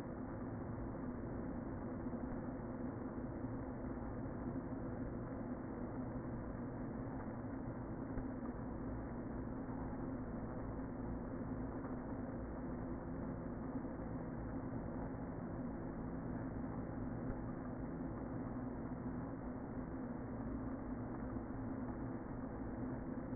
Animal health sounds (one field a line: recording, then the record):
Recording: honeybee colony, microphone inside the hive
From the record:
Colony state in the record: queen present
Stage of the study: before two queens were removed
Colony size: about 60,000 bees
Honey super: yes